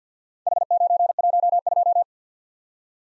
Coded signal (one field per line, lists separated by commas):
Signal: Morse code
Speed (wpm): 52 wpm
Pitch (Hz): 700 Hz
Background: none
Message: H912